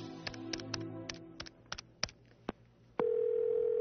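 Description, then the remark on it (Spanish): The telephone number of the Spanish Chancellery being dialed: a quick, uneven series of sharp clicks over a low background hum, then a steady, loud ringing tone that holds to the end. “Antes de acostarme, y en previsión de que mi teléfono estuviera intervenido, marqué el número de la Cancillería Española.”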